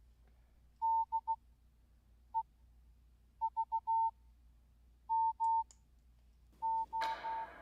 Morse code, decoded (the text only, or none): DEVMO